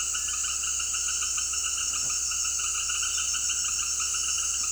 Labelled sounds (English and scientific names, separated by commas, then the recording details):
none
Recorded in dense forest near Puerto Asís, Putumayo, Colombia, on 20 February 2024 at 18:00
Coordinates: 0.485, -76.318
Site G6408